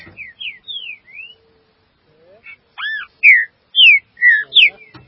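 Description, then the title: Green-winged saltator giving a few soft whistles, a pause, then strong slurred whistled notes in a rapid run toward the end. "Trinca Ferro"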